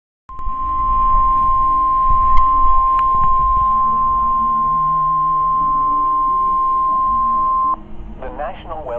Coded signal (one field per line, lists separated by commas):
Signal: Emergency Alert System (SAME) tones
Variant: 1050 Hz attention tone